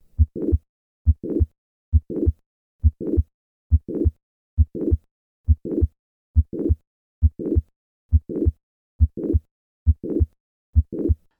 When mitral regurgitation is due to mitral valve prolapse, the murmur may be crescendo in character, beginning in mid-systole and increasing to the second heart sound. Late systolic murmur of mitral valve prolapse.